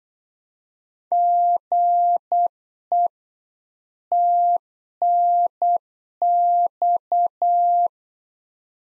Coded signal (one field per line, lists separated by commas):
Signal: Morse code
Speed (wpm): 8 wpm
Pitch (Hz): 700 Hz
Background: none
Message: GE TNX